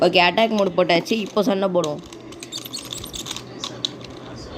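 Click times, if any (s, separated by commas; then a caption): none. Someone talks for the first two seconds, then a plastic Beyblade spinning top (Drain Fafnir with a 1 disc and Quattro driver) is pushed onto its launcher, making several small, sharp plastic clacks between about 2.4 and 3.9 seconds. The top fails to attach, and nothing has locked onto the launcher yet.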